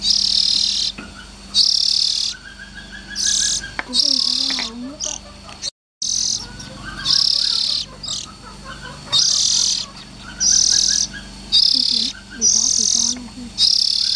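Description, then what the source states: Oriental magpie-robin repeating raspy hissing bursts, with faint soft chirps in the gaps; a brief silent dropout midway. Young birds.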